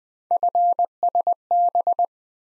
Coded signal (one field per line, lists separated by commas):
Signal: Morse code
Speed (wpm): 20 wpm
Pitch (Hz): 700 Hz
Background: none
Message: FSB